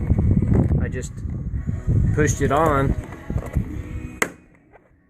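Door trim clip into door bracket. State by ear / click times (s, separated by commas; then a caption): seated / 4.2 s. Someone talks while a door panel clip on a bracket inside the passenger door of a Ford F-150, left not fully seated from the factory and causing the door to vibrate with deep bass from the audio system, is pushed on by hand. A sharp snap at 4.2 s marks the clip seating into the bracket, and the door panel is now solid.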